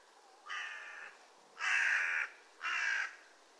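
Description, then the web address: Bird calls, three harsh raspy caws, each about half a second long, given roughly once a second against a quiet background. "cianscape. Deverinetal 2025. Bird Only"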